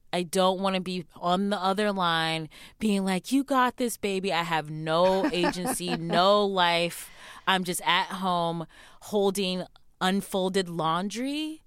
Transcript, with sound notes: I don't want to be on the other line, being like, you got this, baby.
(Laughter).
I have no agency, no life. I'm just at home, holding unfolded laundry.